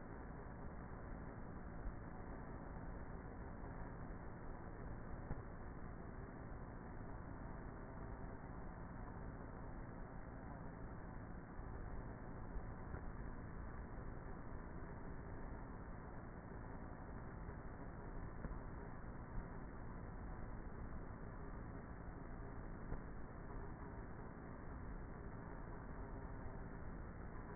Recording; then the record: honeybee colony, microphone inside the hive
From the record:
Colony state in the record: queenless with a low population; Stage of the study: before two queens were removed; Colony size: about 30,000 bees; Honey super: no